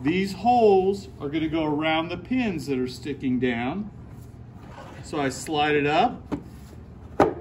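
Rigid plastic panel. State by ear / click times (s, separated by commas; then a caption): seated / 7.2 s. Someone talks while the second half of a pottery wheel's plastic splash pan is tilted up and slid so its holes go over the pins sticking down. The pan half clicks into place on the pins with a sharp snap at 7.2 seconds, and is seated.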